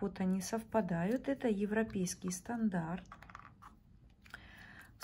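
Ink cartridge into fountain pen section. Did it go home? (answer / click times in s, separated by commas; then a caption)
yes / 4.3 s. Someone talks, then a plastic European-standard ink cartridge is pushed onto the feed nipple of a Schneider Ceod Classic Basic fountain pen with a few small scraping taps around 3.3–3.5 s. A short click at 4.3 s marks the cartridge seating in the pen's section.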